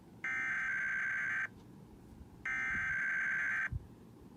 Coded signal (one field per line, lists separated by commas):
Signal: Emergency Alert System (SAME) tones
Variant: header bursts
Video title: IPAWS Required Weekly Test (EAS #203 213) 7/12/21